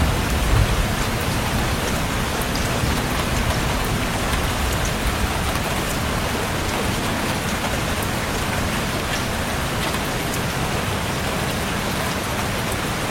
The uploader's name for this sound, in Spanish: LLUVIA PESADA